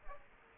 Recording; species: mosquito wingbeat signal from an infrared sensor; Aedes aegypti